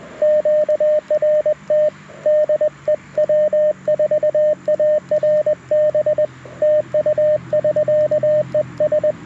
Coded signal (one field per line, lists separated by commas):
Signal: Morse code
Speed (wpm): 20 wpm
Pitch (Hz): 610 Hz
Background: radio noise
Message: QRT DE W4ARB TU <SK> ES